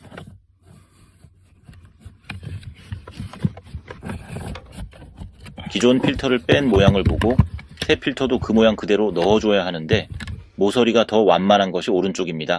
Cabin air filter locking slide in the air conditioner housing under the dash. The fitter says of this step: Eventually, the lock released with a click, and I was able to remove the filter.